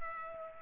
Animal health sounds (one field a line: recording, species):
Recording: mosquito wingbeat signal from an infrared sensor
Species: Culex pipiens